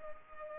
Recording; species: mosquito wingbeat signal from an infrared sensor; Culex pipiens